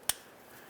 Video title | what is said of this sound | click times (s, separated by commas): How To Replace Starter 2009-2020 Dodge Journey | position squeeze it together listen for a click give | 0.1 s